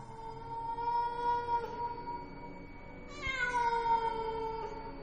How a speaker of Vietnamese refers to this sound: Có tiếng bước chân lạch cạch, tiếng khóc thút thít, tiếng mèo từ xa xăm truyền đến, tạo cùng với một bản hòa ca với con quạ ở bên ngoài sân.